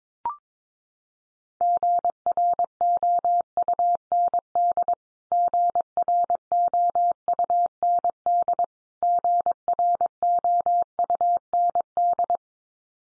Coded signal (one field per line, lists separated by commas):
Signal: Morse code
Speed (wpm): 22 wpm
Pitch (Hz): 700 Hz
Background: none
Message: GROUND GROUND GROUND